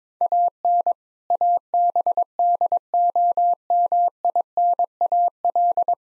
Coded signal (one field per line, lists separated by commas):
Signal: Morse code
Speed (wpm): 22 wpm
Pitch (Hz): 700 Hz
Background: none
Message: AN ABDOMINAL